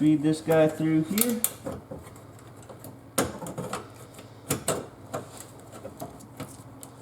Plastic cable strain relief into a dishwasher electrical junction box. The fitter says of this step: guy snaps right into place you want to make sure that this isn't able to wiggle